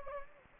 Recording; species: mosquito wingbeat signal from an infrared sensor; Anopheles gambiae